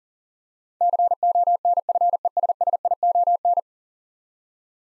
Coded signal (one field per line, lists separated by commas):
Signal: Morse code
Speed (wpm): 40 wpm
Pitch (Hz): 700 Hz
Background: none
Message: CONFESSION